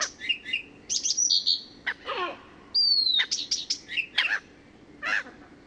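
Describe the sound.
Blyth's Reed Warbler song with varied high chirps, slurred whistles and buzzy notes in quick, irregular phrases, with one clear drawn-out whistle in the middle.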